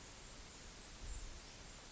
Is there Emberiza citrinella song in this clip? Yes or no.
no